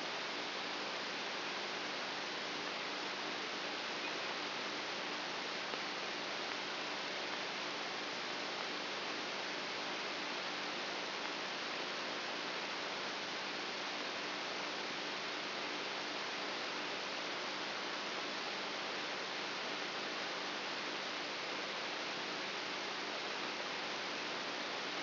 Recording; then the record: brain microelectrode recording played as sound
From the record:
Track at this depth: outside the subthalamic nucleus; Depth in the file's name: 6.44 mm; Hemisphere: right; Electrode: 2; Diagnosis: Parkinson's disease